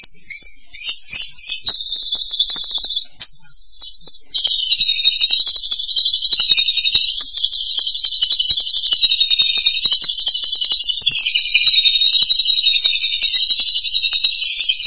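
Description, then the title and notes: Starling song opening with quick clipped notes, then a long unbroken stream of rapid high warbling and twittering. "suara burung jalak"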